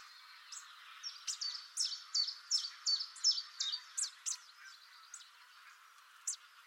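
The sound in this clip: Bird calls: a fast run of high chirps in the middle, then a few scattered ones, over steady background hiss.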